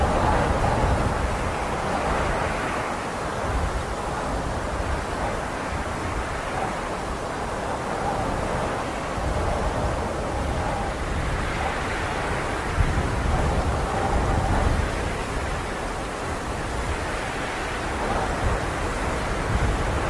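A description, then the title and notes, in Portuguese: A sandstorm's winds roar steadily, a dense low rushing with slow surges around three, twelve and eighteen seconds, no gaps or quiet. Som de Tempestade de Areia. Ouça o som dos ventos de uma tempestade de areia que chega.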